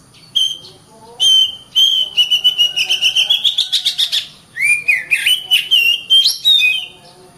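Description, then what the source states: Oriental magpie-robin song: a varied stream of whistles and rapid chattering notes, with rising and falling slurs near the end. Kacer master song recording.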